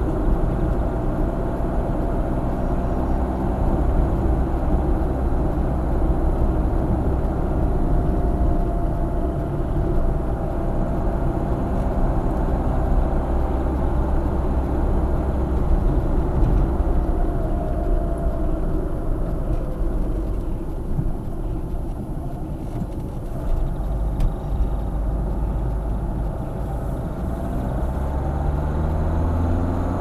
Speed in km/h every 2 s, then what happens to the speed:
63, 64, 64, 64, 59, 60, 66, 67, 56, 39, 25, 22, 30, 38, 47.
0-9 steady at about 64. 9-14 speeds up to 67. 14-22 brakes to 22. 22-30 speeds up to 47.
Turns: 20-24.